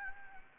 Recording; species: mosquito wingbeat signal from an infrared sensor; Anopheles gambiae